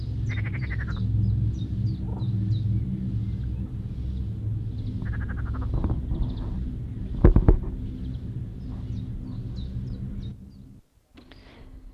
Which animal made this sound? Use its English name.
Marsh Frog